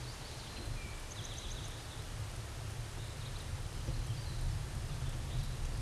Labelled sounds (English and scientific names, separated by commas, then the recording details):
Eastern Towhee (Pipilo erythrophthalmus) song
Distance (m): 55 m
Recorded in a Pennsylvania forest on 17 May 2023 at 12:27
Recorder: AudioMoth, point grid1_19_low
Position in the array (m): 66 m, 244 m